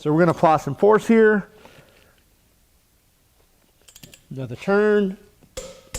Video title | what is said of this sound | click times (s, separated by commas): How To Use a Torque Wrench and How They Work [INSIDE LOOK] | So you hear that really loud click, and you can tell it's pretty intense. | 5.6 s, 5.9 s